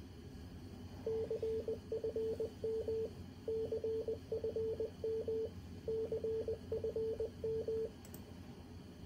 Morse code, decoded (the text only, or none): CFM CFM CFM